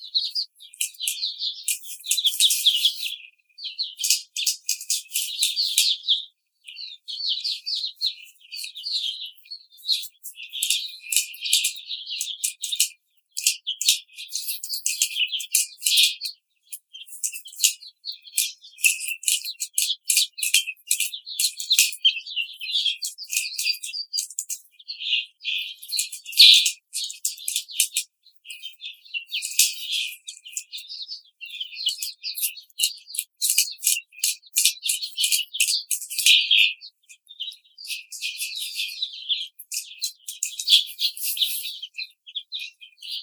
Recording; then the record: young laying hens in a cage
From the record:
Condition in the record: treatment cage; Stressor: simulated dog barking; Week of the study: 5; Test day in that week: 1